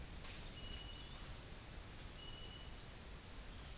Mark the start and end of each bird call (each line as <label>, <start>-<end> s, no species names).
bird call, 0.54-1.35 s
bird call, 2.11-2.80 s